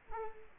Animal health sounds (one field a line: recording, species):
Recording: mosquito wingbeat signal from an infrared sensor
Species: Culex quinquefasciatus